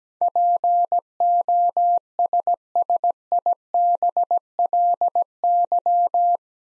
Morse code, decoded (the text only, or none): POSSIBLY